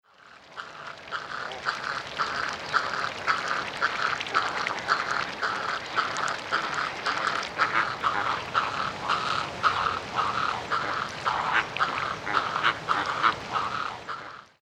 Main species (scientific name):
Phoenicopterus ruber